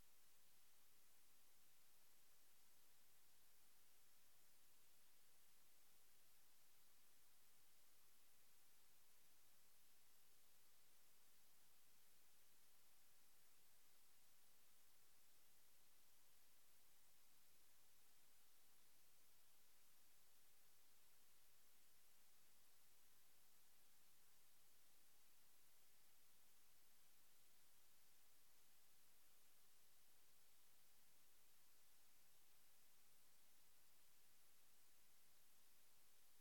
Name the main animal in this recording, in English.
Gentoo Penguin